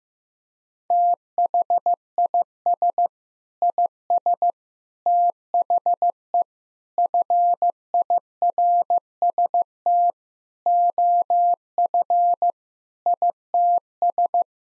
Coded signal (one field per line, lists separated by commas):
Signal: Morse code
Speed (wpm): 15 wpm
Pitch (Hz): 700 Hz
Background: none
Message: THIS IS THE FIRST OF ITS